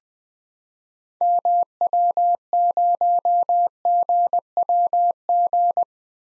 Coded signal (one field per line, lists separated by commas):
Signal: Morse code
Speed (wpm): 20 wpm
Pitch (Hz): 700 Hz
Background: none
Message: MW0GWG